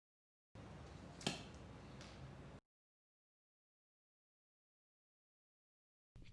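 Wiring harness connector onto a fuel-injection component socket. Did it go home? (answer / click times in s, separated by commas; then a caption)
yes / 1.3 s. A rotating-lock plastic electrical connector on a VW fuel-injection wiring harness is fitted onto a fuel-injection component socket: its red marks are lined up, it is pressed on, and its centre ring is turned. A soft handling rustle builds to a sharp click at 1.3 s, followed by a faint tick near 2.0 s before the sound cuts out. The connector is seated.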